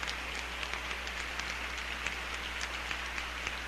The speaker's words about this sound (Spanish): Escuchamos justamente la ovación nutrida del público que se ha dado cita en el Centro Cultural Tlaxcala.